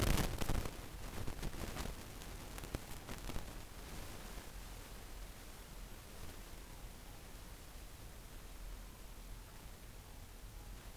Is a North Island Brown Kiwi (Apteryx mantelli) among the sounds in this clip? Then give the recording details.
no. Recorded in New Zealand on 24 November 2013. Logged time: 00:13. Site CF70